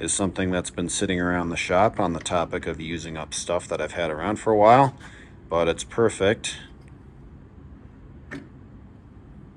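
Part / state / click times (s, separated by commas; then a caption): indexing plunger into the swivel base of a disc sander / seated / 8.3 s. Someone talks about a spring-loaded indexing plunger on the swivel base of a shop-made disc sander. After the talk stops, the plunger is released and snaps into its detent with a sharp click at 8.3 s, locking the sander so it stays stationary.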